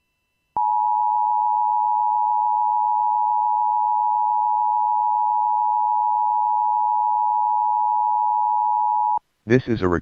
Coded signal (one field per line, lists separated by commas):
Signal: Emergency Alert System (SAME) tones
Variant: 853 and 960 Hz attention tone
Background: speech